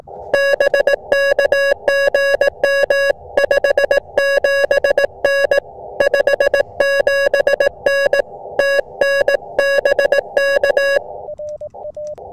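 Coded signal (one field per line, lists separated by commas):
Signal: Morse code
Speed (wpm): 18 wpm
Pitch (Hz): 1650 Hz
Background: music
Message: BK GM 57N 57N TN BK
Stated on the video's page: Morse from a Summits On The Air activation using two antennas, including a random wire and a half-wave antenna, with summit-to-summit contacts.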